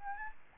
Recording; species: mosquito wingbeat signal from an infrared sensor; Aedes albopictus